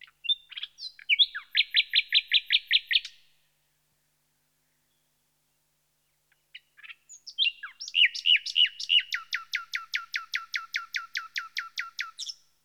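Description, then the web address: Common nightingale song with a pulsing repeated trill, a silent gap, then a long phrase of many loud repeated notes that fades out. "BBC Sound Effects Library. Nightingale"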